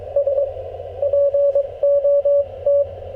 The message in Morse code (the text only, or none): SPOT